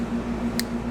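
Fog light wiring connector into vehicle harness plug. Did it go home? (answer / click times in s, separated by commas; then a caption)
yes / 0.6 s. The supplied wiring connector on a Heretic Studio fog light is pushed into the vehicle harness connector on a 5th Gen 4Runner. A single sharp click sounds at 0.6 s over a steady low hum, and the connector is seated and connected properly.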